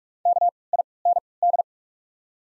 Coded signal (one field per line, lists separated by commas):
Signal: Morse code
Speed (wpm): 48 wpm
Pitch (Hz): 700 Hz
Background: none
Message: KIND